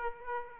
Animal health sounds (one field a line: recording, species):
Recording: mosquito wingbeat signal from an infrared sensor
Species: Aedes aegypti